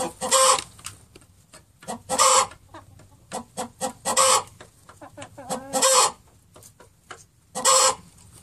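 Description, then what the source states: Chicken clucking and cackling, loud harsh squawks every two seconds or so between short rapid clucks. Hen; sound made when laying an egg.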